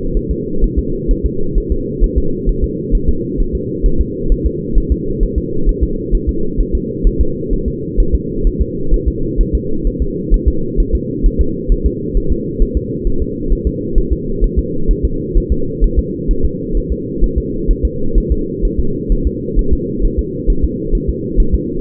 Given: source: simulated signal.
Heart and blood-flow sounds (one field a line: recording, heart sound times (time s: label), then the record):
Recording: fetal heart sounds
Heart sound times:
0.17 s: S1
0.31 s: S2
0.64 s: S1
0.79 s: S2
1.11 s: S1
1.26 s: S2
1.58 s: S1
1.72 s: S2
2.04 s: S1
2.18 s: S2
2.49 s: S1
2.64 s: S2
2.95 s: S1
3.09 s: S2
3.40 s: S1
3.55 s: S2
3.86 s: S1
4.01 s: S2
4.32 s: S1
4.46 s: S2
4.78 s: S1
4.92 s: S2
5.23 s: S1
5.38 s: S2
5.69 s: S1
5.83 s: S2
6.15 s: S1
6.29 s: S2
6.61 s: S1
6.75 s: S2
7.07 s: S1
7.21 s: S2
7.53 s: S1
7.68 s: S2
8.00 s: S1
8.15 s: S2
8.47 s: S1
8.62 s: S2
8.94 s: S1
9.08 s: S2
9.41 s: S1
9.55 s: S2
9.87 s: S1
10.02 s: S2
10.34 s: S1
10.48 s: S2
10.80 s: S1
10.95 s: S2
11.26 s: S1
11.41 s: S2
11.72 s: S1
11.87 s: S2
12.17 s: S1
12.32 s: S2
12.62 s: S1
12.77 s: S2
13.07 s: S1
13.22 s: S2
13.52 s: S1
13.67 s: S2
13.98 s: S1
14.13 s: S2
14.44 s: S1
14.59 s: S2
14.91 s: S1
15.05 s: S2
15.37 s: S1
15.52 s: S2
15.84 s: S1
15.99 s: S2
16.31 s: S1
16.45 s: S2
16.77 s: S1
16.92 s: S2
17.24 s: S1
17.38 s: S2
17.70 s: S1
17.85 s: S2
18.18 s: S1
18.32 s: S2
18.65 s: S1
18.80 s: S2
19.12 s: S1
19.27 s: S2
19.59 s: S1
19.73 s: S2
20.05 s: S1
20.19 s: S2
20.50 s: S1
20.65 s: S2
20.95 s: S1
21.10 s: S2
21.40 s: S1
21.55 s: S2
From the record:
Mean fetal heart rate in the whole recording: 130 bpm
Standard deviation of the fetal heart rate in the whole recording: 2 bpm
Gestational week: 38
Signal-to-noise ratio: -8.1 dB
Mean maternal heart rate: 72 bpm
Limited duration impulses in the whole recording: absent